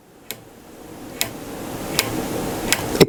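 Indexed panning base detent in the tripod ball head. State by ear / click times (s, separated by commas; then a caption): seated / 0.3 s, 1.2 s, 2.0 s, 2.7 s, 3.0 s. With the 15-degree knob tightened, the panning base of the ball head on an FLM CP-30 L3 PRO tripod kit is rotated, and its internal notching mechanism clicks into place at each 15-degree step for evenly spaced panorama shots. Five short, sharp ticks ring out at 0.3, 1.2, 2.0, 2.7 and 3.0 seconds over a faint hiss that slowly grows louder. Each click marks the base seating into its next indexed 15-degree detent.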